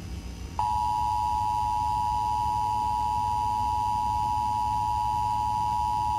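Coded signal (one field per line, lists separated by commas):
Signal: Emergency Alert System (SAME) tones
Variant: 853 and 960 Hz attention tone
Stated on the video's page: Fictional EAS broadcast in an audio drama, with sound design created for the episode.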